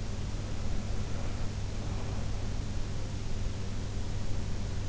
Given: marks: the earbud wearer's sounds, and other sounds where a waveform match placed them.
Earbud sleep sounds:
sounds in sleep by an in-ear microphone; breath
0.30-2.82 s: breath

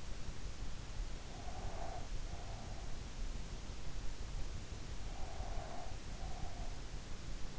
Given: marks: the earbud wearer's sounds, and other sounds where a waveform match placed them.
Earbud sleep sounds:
sounds in sleep by an in-ear microphone; breath
1.19-2.95 s: breath
5.00-6.62 s: breath

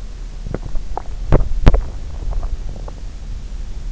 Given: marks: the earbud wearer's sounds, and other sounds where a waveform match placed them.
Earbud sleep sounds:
sounds in sleep by an in-ear microphone; teeth grinding
0.37-3.06 s: teeth grinding

